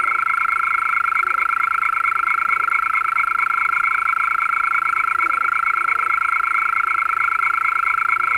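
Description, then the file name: European mole cricket song: a continuous, even churr with a rapid pulsing texture, sustained at constant pitch throughout. "Maulwurfsgrille"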